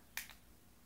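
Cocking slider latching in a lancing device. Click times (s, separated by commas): 0.2 s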